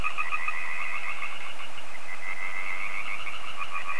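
Many frogs calling together, an unbroken rattling chorus of quick repeated croaks for the whole stretch.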